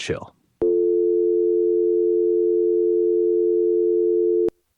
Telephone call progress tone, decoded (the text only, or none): dial tone